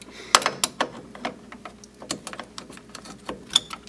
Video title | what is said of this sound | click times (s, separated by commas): How to Change Rear Brakes Honda Civic 92-95 | turn there we go snaps | 0.3 s